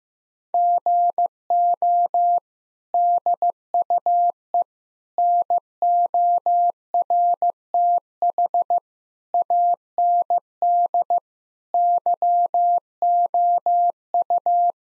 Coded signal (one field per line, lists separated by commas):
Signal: Morse code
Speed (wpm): 16 wpm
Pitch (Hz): 700 Hz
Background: none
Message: GO DUE NORTH AND YOU